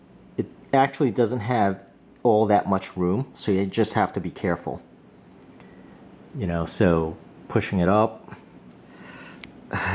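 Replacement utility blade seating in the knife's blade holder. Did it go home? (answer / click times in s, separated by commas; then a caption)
no / none. Someone talks while pushing a replacement steel utility blade up into the blade holder of a metal Hyper Tough folding utility knife, with a few faint handling taps near the end. Nothing has seated or clicked yet; the blade is still being handled and is not yet home.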